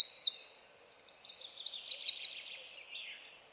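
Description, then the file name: Eurasian wren giving a loud, very high series of many quick hooked notes, fading into a softer descending trill. "Troglodytes troglodytes"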